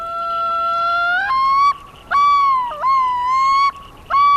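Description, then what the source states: Yellow-billed loon yodel, loud drawn-out wailing notes that rise, then break into several repeated sustained cries separated by short gaps. Arctic in spring, near an icy lake.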